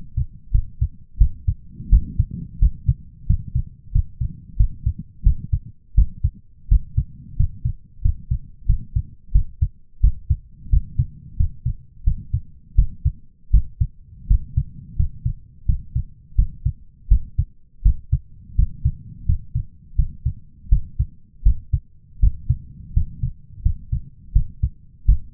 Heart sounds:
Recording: heart sounds by stethoscope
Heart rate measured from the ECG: 86 bpm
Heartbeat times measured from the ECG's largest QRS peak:
0.52 s: heartbeat
1.18 s: heartbeat
1.90 s: heartbeat
2.59 s: heartbeat
3.27 s: heartbeat
3.92 s: heartbeat
4.57 s: heartbeat
5.24 s: heartbeat
5.95 s: heartbeat
6.69 s: heartbeat
7.37 s: heartbeat
8.02 s: heartbeat
8.66 s: heartbeat
9.32 s: heartbeat
10.01 s: heartbeat
10.70 s: heartbeat
11.37 s: heartbeat
12.04 s: heartbeat
12.76 s: heartbeat
13.51 s: heartbeat
14.28 s: heartbeat
14.96 s: heartbeat
15.66 s: heartbeat
16.36 s: heartbeat
17.09 s: heartbeat
17.83 s: heartbeat
18.56 s: heartbeat
19.26 s: heartbeat
19.96 s: heartbeat
20.69 s: heartbeat
21.43 s: heartbeat
22.20 s: heartbeat
22.94 s: heartbeat
23.63 s: heartbeat
24.33 s: heartbeat
25.06 s: heartbeat
From the record:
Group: healthy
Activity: rest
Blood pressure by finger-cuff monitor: 156/88 mmHg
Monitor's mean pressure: 108 mmHg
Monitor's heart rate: 86 bpm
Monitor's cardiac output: 8.6 L/min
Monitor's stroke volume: 100 mL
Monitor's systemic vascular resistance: 940 dyn s/cm5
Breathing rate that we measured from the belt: 16 breaths a minute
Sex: male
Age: 23 years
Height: 179 cm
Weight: 87 kg

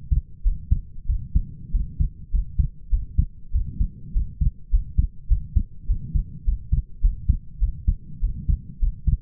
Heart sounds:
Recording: heart sounds by stethoscope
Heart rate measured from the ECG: 100 bpm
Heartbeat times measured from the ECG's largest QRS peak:
0.44 s: heartbeat
1.07 s: heartbeat
1.72 s: heartbeat
2.32 s: heartbeat
2.90 s: heartbeat
3.52 s: heartbeat
4.14 s: heartbeat
4.71 s: heartbeat
5.28 s: heartbeat
5.87 s: heartbeat
6.45 s: heartbeat
7.01 s: heartbeat
7.60 s: heartbeat
8.21 s: heartbeat
8.80 s: heartbeat
From the record:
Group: healthy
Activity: rest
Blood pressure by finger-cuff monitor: 122/56 mmHg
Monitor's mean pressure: 78 mmHg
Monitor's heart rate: 101 bpm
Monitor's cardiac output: 8.4 L/min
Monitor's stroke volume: 85 mL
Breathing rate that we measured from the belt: 27 breaths a minute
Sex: male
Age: 22 years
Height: 181 cm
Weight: 60 kg

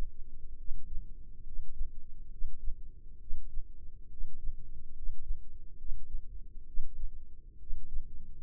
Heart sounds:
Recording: heart sounds by microphone in the left ear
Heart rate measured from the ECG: 69 bpm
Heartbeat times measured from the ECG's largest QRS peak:
0.55 s: heartbeat
1.42 s: heartbeat
2.28 s: heartbeat
3.17 s: heartbeat
4.07 s: heartbeat
4.92 s: heartbeat
5.75 s: heartbeat
6.64 s: heartbeat
7.57 s: heartbeat
8.42 s: heartbeat
From the record:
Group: healthy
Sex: female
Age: 22 years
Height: 154 cm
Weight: 58.7 kg

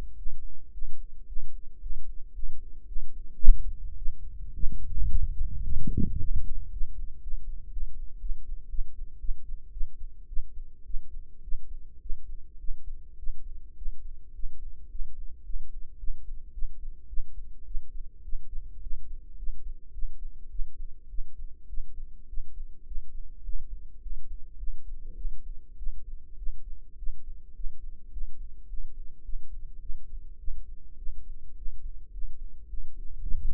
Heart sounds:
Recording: heart sounds by microphone in the right ear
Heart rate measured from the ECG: 107 bpm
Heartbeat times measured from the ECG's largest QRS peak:
0.16 s: heartbeat
0.71 s: heartbeat
1.26 s: heartbeat
1.80 s: heartbeat
2.33 s: heartbeat
2.86 s: heartbeat
3.40 s: heartbeat
3.96 s: heartbeat
4.53 s: heartbeat
5.09 s: heartbeat
5.64 s: heartbeat
6.18 s: heartbeat
6.71 s: heartbeat
7.21 s: heartbeat
7.71 s: heartbeat
8.19 s: heartbeat
8.69 s: heartbeat
9.19 s: heartbeat
9.71 s: heartbeat
10.27 s: heartbeat
10.84 s: heartbeat
11.42 s: heartbeat
12.00 s: heartbeat
12.58 s: heartbeat
13.17 s: heartbeat
13.75 s: heartbeat
14.33 s: heartbeat
14.89 s: heartbeat
15.43 s: heartbeat
15.98 s: heartbeat
16.52 s: heartbeat
17.07 s: heartbeat
17.65 s: heartbeat
18.22 s: heartbeat
18.80 s: heartbeat
19.36 s: heartbeat
19.92 s: heartbeat
20.49 s: heartbeat
21.08 s: heartbeat
21.67 s: heartbeat
22.27 s: heartbeat
22.85 s: heartbeat
23.43 s: heartbeat
24.00 s: heartbeat
24.57 s: heartbeat
25.15 s: heartbeat
25.77 s: heartbeat
26.36 s: heartbeat
26.96 s: heartbeat
27.53 s: heartbeat
28.11 s: heartbeat
28.67 s: heartbeat
29.23 s: heartbeat
29.79 s: heartbeat
30.37 s: heartbeat
30.96 s: heartbeat
31.55 s: heartbeat
32.11 s: heartbeat
32.67 s: heartbeat
33.22 s: heartbeat
From the record:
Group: healthy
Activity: rest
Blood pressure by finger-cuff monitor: 125/80 mmHg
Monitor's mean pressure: 93 mmHg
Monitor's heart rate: 106 bpm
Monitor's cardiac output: 8.1 L/min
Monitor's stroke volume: 77 mL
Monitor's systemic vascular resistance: 810 dyn s/cm5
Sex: female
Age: 19 years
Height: 163 cm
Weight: 51 kg

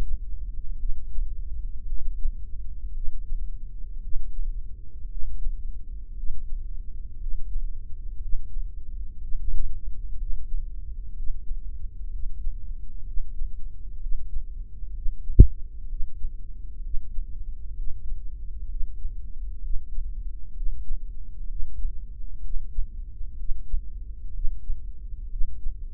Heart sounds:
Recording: heart sounds by microphone in the left ear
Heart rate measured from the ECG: 61 bpm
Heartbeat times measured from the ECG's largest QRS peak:
0.82 s: heartbeat
1.89 s: heartbeat
2.96 s: heartbeat
4.03 s: heartbeat
5.11 s: heartbeat
6.17 s: heartbeat
7.20 s: heartbeat
8.21 s: heartbeat
9.20 s: heartbeat
10.18 s: heartbeat
11.15 s: heartbeat
12.10 s: heartbeat
13.05 s: heartbeat
14.00 s: heartbeat
14.93 s: heartbeat
15.88 s: heartbeat
16.82 s: heartbeat
17.75 s: heartbeat
18.68 s: heartbeat
19.61 s: heartbeat
20.54 s: heartbeat
21.48 s: heartbeat
22.41 s: heartbeat
23.36 s: heartbeat
24.33 s: heartbeat
25.29 s: heartbeat
From the record:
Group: heart failure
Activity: Valsalva maneuver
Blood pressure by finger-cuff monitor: 117/83 mmHg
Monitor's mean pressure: 94 mmHg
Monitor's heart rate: 62 bpm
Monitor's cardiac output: 5.2 L/min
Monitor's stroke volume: 82 mL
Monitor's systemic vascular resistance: 1300 dyn s/cm5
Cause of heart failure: idiopathic cardiomyopathy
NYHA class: 1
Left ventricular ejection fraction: 50%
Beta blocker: bisoprolol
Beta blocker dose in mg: 5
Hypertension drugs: candesartan, spironolactone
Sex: male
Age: 54 years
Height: 180 cm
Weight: 94.6 kg

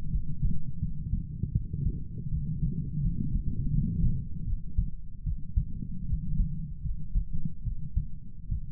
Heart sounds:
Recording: heart sounds by stethoscope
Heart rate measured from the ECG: 79 bpm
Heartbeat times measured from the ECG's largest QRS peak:
0.11 s: heartbeat
0.80 s: heartbeat
1.53 s: heartbeat
2.30 s: heartbeat
3.01 s: heartbeat
3.71 s: heartbeat
4.46 s: heartbeat
5.25 s: heartbeat
6.07 s: heartbeat
6.83 s: heartbeat
7.64 s: heartbeat
8.50 s: heartbeat
From the record:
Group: healthy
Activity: cold pressor test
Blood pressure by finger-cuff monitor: 106/47 mmHg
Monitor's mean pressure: 67 mmHg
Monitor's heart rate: 81 bpm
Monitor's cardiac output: 8.9 L/min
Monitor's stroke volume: 113 mL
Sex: female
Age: 22 years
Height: 160 cm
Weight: 63 kg

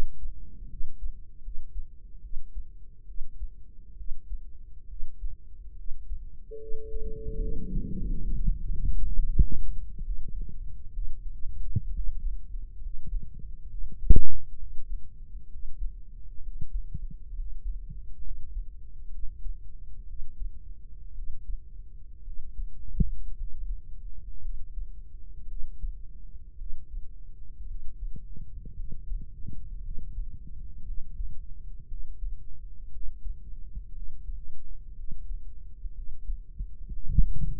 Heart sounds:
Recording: heart sounds by microphone in the right ear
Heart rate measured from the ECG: 65 bpm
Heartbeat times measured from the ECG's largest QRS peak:
0.67 s: heartbeat
1.40 s: heartbeat
2.20 s: heartbeat
3.05 s: heartbeat
3.95 s: heartbeat
4.86 s: heartbeat
5.74 s: heartbeat
6.57 s: heartbeat
7.37 s: heartbeat
8.04 s: heartbeat
8.68 s: heartbeat
9.29 s: heartbeat
10.03 s: heartbeat
10.92 s: heartbeat
11.91 s: heartbeat
12.79 s: heartbeat
13.68 s: heartbeat
14.57 s: heartbeat
15.48 s: heartbeat
16.41 s: heartbeat
17.32 s: heartbeat
18.21 s: heartbeat
19.09 s: heartbeat
20.05 s: heartbeat
21.13 s: heartbeat
22.22 s: heartbeat
23.34 s: heartbeat
24.40 s: heartbeat
25.46 s: heartbeat
26.56 s: heartbeat
27.65 s: heartbeat
28.74 s: heartbeat
29.81 s: heartbeat
30.83 s: heartbeat
31.86 s: heartbeat
32.89 s: heartbeat
33.92 s: heartbeat
34.94 s: heartbeat
35.92 s: heartbeat
36.89 s: heartbeat
From the record:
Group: healthy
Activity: rest 0-5 s, Valsalva maneuver 5-35 s, rest 35-38 s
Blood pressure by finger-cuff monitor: 100/68 mmHg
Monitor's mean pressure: 79 mmHg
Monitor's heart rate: 62 bpm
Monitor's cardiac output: 4.7 L/min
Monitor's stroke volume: 75 mL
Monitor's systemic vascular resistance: 1210 dyn s/cm5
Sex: female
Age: 23 years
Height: 160 cm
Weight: 50.4 kg

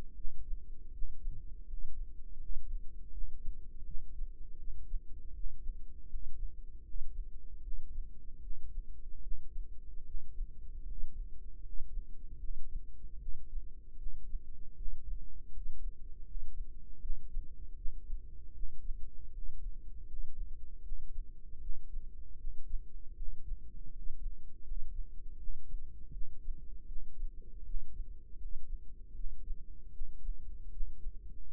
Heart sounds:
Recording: heart sounds by microphone in the right ear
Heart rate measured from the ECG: 79 bpm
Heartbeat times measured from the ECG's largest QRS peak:
0.13 s: heartbeat
0.90 s: heartbeat
1.64 s: heartbeat
2.36 s: heartbeat
3.10 s: heartbeat
3.82 s: heartbeat
4.56 s: heartbeat
5.31 s: heartbeat
6.06 s: heartbeat
6.81 s: heartbeat
7.59 s: heartbeat
8.38 s: heartbeat
9.19 s: heartbeat
10.02 s: heartbeat
10.83 s: heartbeat
11.59 s: heartbeat
12.36 s: heartbeat
13.16 s: heartbeat
13.94 s: heartbeat
14.73 s: heartbeat
15.48 s: heartbeat
16.22 s: heartbeat
16.98 s: heartbeat
17.73 s: heartbeat
18.50 s: heartbeat
19.29 s: heartbeat
20.04 s: heartbeat
20.80 s: heartbeat
21.57 s: heartbeat
22.35 s: heartbeat
23.13 s: heartbeat
23.89 s: heartbeat
24.61 s: heartbeat
25.35 s: heartbeat
26.09 s: heartbeat
26.84 s: heartbeat
27.61 s: heartbeat
28.35 s: heartbeat
29.11 s: heartbeat
29.89 s: heartbeat
30.68 s: heartbeat
31.45 s: heartbeat
From the record:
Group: healthy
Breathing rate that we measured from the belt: 14 breaths a minute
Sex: female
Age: 26 years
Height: 165 cm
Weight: 55 kg

